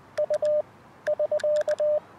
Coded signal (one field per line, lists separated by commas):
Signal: Morse code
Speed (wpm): 20 wpm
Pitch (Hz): 590 Hz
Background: radio noise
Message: U <SK>